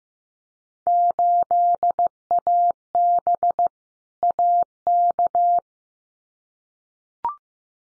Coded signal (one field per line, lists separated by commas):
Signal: Morse code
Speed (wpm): 15 wpm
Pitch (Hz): 700 Hz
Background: none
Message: 8AB AK